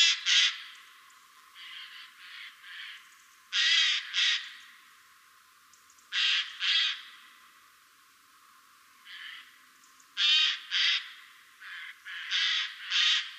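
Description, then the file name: Eurasian jay giving harsh, rasping screeches in groups of two or three, with a few quieter calls between the bursts. "Garrulus glandarius"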